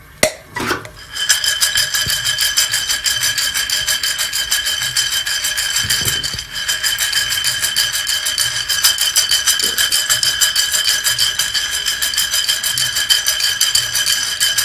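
Coffee beans roasting in a rotating drum make a dense, steady, fast rattle, with a few soft knocks near the start and midway.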